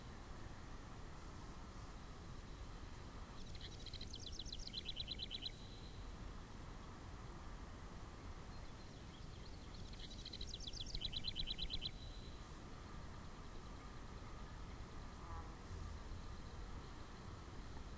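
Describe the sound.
House wren song: two rapid chattering phrases well apart, over steady low background noise.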